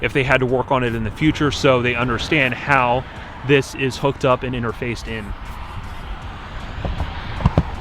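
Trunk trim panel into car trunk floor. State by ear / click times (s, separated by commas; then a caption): seated / 7.5 s, 7.6 s. A trunk trim floor panel covering the amplifier area is pressed back into place in the trunk of a Tesla Model S. Someone talks for the first five seconds, then two sharp clicks at 7.5 s and 7.6 s as the panel's clips engage. The panel is seated.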